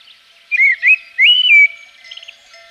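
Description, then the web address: Common blackbird song: two short mellow notes followed by a longer wavering whistle that slides down and trails off. Recorded in Provence. "agykontroll - A természet hangjai - A provence-i feketerigó"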